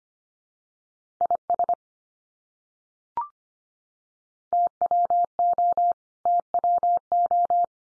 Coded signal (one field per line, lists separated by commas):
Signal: Morse code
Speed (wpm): 25 wpm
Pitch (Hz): 700 Hz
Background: none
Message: IS TWO TWO